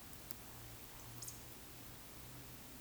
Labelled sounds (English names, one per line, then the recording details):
Eurasian Woodcock whistle
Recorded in Baden-Württemberg, Germany, on 9 May 2021 at 19:20 UTC
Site 23718, 552 m above sea level